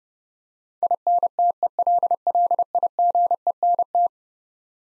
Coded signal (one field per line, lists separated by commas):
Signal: Morse code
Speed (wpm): 29 wpm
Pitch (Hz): 700 Hz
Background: none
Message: INTELLIGENT